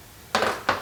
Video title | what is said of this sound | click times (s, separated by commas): Front Load Washer Wont Drain or Spin - Clean Filter and Empty the Water | squeeze a little bit and snap it in place | 0.3 s, 0.7 s